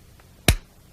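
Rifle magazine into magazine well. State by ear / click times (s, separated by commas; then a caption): seated / 0.5 s. A rifle magazine is pushed up into the magazine well with the bolt forward and given a little extra push until it catches. A faint soft tap at 0.2 s comes before a sharp, loud click at 0.5 s. The magazine seats, and the magazine release button pops out into place.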